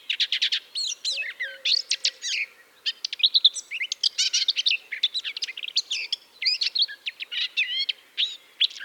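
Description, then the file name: Eurasian blackcap singing a fast, continuous warble of sharp chirps and twisting notes, rarely pausing, with a faint low call early on. "Sylvia atricapilla"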